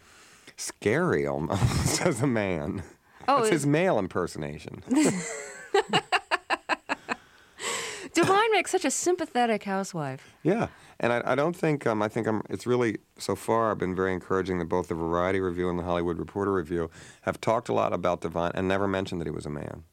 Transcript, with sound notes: scary almost (laughter) as a man. That's his male impersonation.
(Laughter) Divine makes such a sympathetic housewife.
Yeah. And I don't think - I think it's really, so far, been very encouraging that both the Variety review and the Hollywood Reporter review have talked a lot about Divine and never mentioned that he was a man.